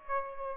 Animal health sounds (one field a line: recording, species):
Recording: mosquito wingbeat signal from an infrared sensor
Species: Aedes aegypti